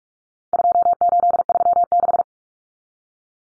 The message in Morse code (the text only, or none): 2836